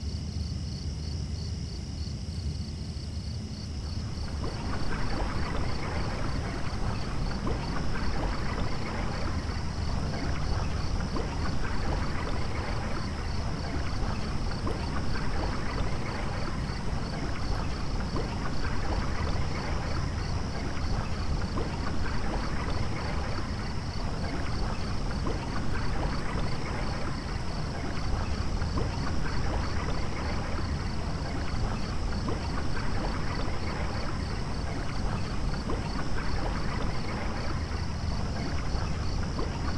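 Rain and flowing water in a rainforest make a dense, steady rush with a low rumble underneath, swelling in at about four seconds after a quieter opening. A thin, high, rapidly pulsing chirr runs unchanged through the whole recording.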